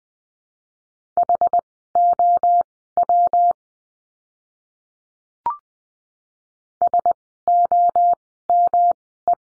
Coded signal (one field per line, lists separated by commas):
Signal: Morse code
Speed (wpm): 20 wpm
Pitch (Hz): 700 Hz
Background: none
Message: HOW SOME